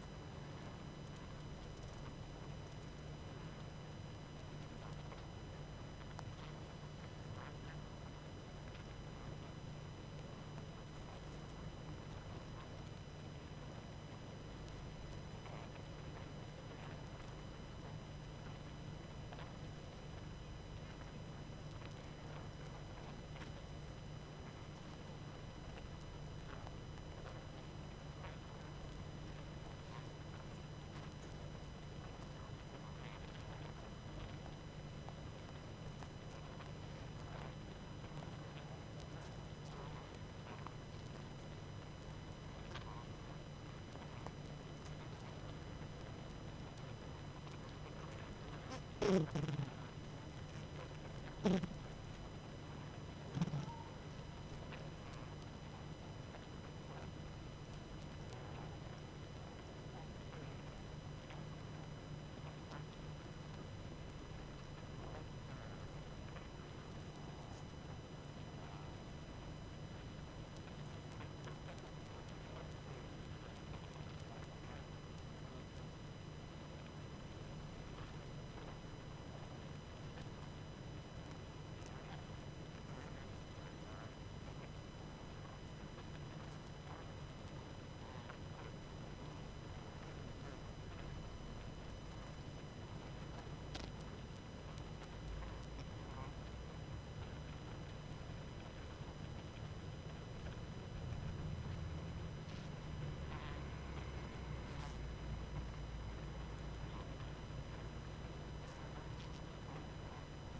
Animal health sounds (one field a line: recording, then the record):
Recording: honeybee colony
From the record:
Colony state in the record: active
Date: 12 June 2018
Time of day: 21:44